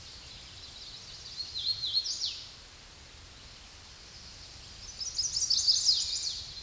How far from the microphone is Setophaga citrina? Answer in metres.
about 20 m